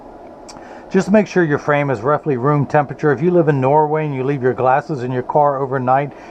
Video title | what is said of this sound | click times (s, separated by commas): Oakley 8149 Pitchman R Carbon w Zeiss Rx Photofusion Green Lenses and DuraVision Chrome | your unbreakable lenses will snap right in | 0.5 s